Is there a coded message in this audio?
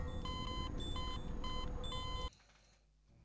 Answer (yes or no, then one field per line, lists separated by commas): no